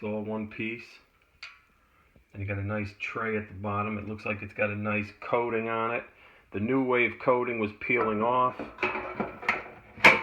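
Someone talks while handling the basket of a Cosori 5.8 quart air fryer, pushing it back toward the air fryer housing. A few sharp handling knocks are heard near the end of the clip. The basket has not yet seated or clicked into place.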